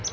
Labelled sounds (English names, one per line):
Palm Warbler flight call